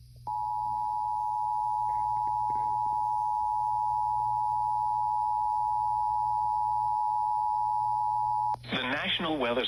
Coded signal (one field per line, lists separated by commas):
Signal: Emergency Alert System (SAME) tones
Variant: 853 and 960 Hz attention tone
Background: speech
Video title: SVR on Sam 100.7 FM (WKLX-FM) (EAS #108)